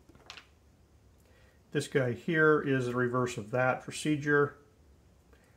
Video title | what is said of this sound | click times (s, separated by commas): HOWTO: Replace a watchband with quick release pins | and then you have to find the hole when you find the hole it'll go click and it'll click into place so that guy's on there | 0.3 s